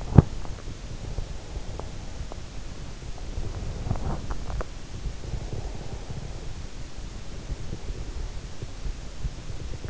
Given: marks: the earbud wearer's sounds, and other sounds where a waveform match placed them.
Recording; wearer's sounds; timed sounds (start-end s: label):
sounds in sleep by an in-ear microphone; teeth grinding, breath
0.00-0.58 s: teeth grinding
3.58-4.82 s: teeth grinding
5.07-6.78 s: breath